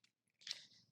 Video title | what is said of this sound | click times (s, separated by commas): The Smallest & Lightest eScoooter Tested! Dynamic scooter Model B Review | really takes a matter of seconds that's all locked into place now and I'm ready to go | 0.5 s